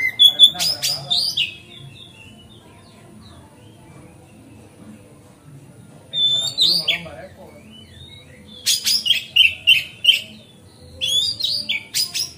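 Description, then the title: Magpie-robin song delivered in separate bursts of sharp chirps and sweet, slurred whistles, with quiet gaps of varying length between phrases and a faint low background hum. Kept as a masteran (song tutor) bird, recorded on a terrace. "Kacer Masteran Teras"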